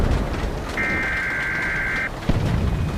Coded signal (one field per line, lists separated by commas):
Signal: Emergency Alert System (SAME) tones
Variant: header bursts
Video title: eas scenario: ÇÚTÉ 🇭🇲 BÀLL (P2)